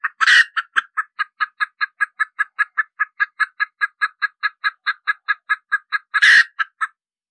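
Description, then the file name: Red junglefowl hen cackle, a long steady run of fast, sharp clucks, with a loud rasping squawk at the start and another near the end. Hen, cackling (cục tác). "Tieng ga mai rung cuc tac de"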